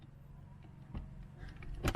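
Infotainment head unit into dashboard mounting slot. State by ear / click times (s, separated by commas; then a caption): not seated / none. An infotainment head unit in an Audi, VW, Seat or Skoda is being handled and pushed back toward its dashboard mounting slot. Over a low steady hum there are soft handling knocks and rustles, with a louder scraping burst near the end. The unit has not yet seated or clicked into place.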